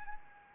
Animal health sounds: mosquito wingbeat signal from an infrared sensor; Anopheles arabiensis

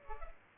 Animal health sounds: mosquito wingbeat signal from an infrared sensor; Culex pipiens

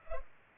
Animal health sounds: mosquito wingbeat signal from an infrared sensor; Culex pipiens

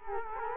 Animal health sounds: mosquito wingbeat signal from an infrared sensor; Culex quinquefasciatus

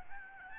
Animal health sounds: mosquito wingbeat signal from an infrared sensor; Aedes albopictus

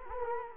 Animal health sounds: mosquito wingbeat signal from an infrared sensor; Culex quinquefasciatus

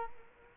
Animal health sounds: mosquito wingbeat signal from an infrared sensor; Culex quinquefasciatus

